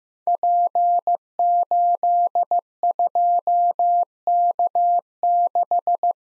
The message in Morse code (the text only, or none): P82K6